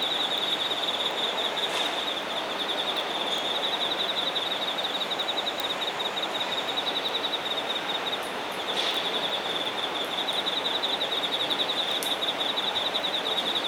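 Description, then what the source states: Insect trill runs steadily throughout, fast high pulses on one note, with faint clicks and a broad background hiss. Singing insects recorded in Shinagawa, Japan.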